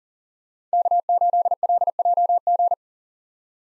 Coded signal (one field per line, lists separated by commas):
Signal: Morse code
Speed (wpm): 40 wpm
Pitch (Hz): 700 Hz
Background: none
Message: K8LJG